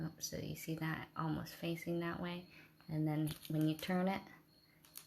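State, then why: Seated. A figural clasp half on a beaded necklace is turned so its two halves line up with the mating clasp piece while someone talks. The clasp clicks shut with two sharp clicks at 4.8 s and 5.0 s, seating it into place.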